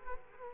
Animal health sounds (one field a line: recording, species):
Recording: mosquito wingbeat signal from an infrared sensor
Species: Culex quinquefasciatus